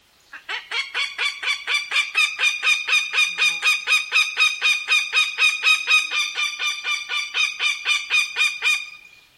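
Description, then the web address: Northern goshawk calling: a harsh, nasal kek-kek-kek series of many loud notes, about four per second, steady in pitch for about eight seconds, then stopping. "Thumbs Plus Zoo Field Guide Repository"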